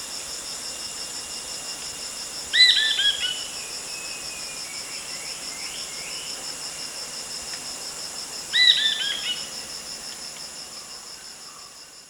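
Crimson-winged woodpecker calls, two short bursts of quick descending harmonic notes about six seconds apart, over a steady high insect drone.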